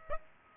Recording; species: mosquito wingbeat signal from an infrared sensor; Aedes aegypti